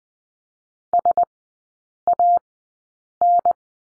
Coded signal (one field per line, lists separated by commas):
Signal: Morse code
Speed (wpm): 20 wpm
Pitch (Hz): 700 Hz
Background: none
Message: SAN